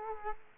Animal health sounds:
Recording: mosquito wingbeat signal from an infrared sensor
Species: Culex quinquefasciatus

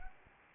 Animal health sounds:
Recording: mosquito wingbeat signal from an infrared sensor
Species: Anopheles arabiensis

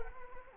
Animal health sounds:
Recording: mosquito wingbeat signal from an infrared sensor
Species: Anopheles arabiensis

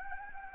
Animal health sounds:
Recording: mosquito wingbeat signal from an infrared sensor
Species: Anopheles gambiae

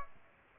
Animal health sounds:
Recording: mosquito wingbeat signal from an infrared sensor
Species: Aedes aegypti

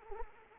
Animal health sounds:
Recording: mosquito wingbeat signal from an infrared sensor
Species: Anopheles arabiensis

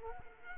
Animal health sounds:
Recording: mosquito wingbeat signal from an infrared sensor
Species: Culex quinquefasciatus

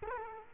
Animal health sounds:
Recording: mosquito wingbeat signal from an infrared sensor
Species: Culex quinquefasciatus

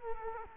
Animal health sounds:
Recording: mosquito wingbeat signal from an infrared sensor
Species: Culex quinquefasciatus

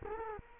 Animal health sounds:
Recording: mosquito wingbeat signal from an infrared sensor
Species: Culex quinquefasciatus

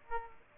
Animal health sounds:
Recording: mosquito wingbeat signal from an infrared sensor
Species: Aedes aegypti

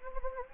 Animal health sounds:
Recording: mosquito wingbeat signal from an infrared sensor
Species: Anopheles gambiae

